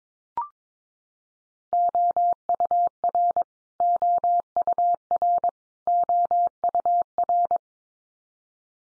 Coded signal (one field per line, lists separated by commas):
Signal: Morse code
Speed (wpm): 22 wpm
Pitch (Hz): 700 Hz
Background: none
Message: OUR OUR OUR